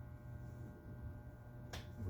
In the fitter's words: take a look look that one is not seated flush not a good job on that one